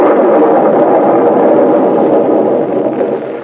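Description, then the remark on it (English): A thunder sound effect for a rainy, windy day: a loud, continuous low rumble that holds steady with a grainy, roaring texture, easing slightly near the end, with no voices. “Then it began to thunder.”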